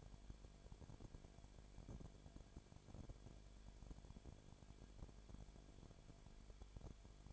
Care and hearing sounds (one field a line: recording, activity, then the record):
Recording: daily activity, microphone in the room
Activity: no activity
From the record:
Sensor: 5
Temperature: 19.8 degrees Celsius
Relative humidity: 33.3%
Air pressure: 1001.4 hPa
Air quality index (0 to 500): 31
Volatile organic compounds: 1 ppm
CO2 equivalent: 524 ppm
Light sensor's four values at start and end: 2/3/1/1 and 2/3/1/1